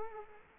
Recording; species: mosquito wingbeat signal from an infrared sensor; Culex quinquefasciatus